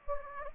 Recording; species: mosquito wingbeat signal from an infrared sensor; Anopheles gambiae